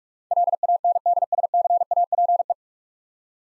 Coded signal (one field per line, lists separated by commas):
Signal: Morse code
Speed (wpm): 42 wpm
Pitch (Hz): 700 Hz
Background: none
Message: LANDSCAPE